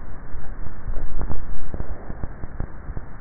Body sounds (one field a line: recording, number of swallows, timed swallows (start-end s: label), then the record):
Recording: swallowing sounds by neck microphone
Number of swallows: 1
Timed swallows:
0.62-2.38 s: swallow
From the record:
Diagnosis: dysphagia